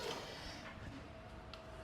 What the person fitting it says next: Naka-lock na po ang inyong door.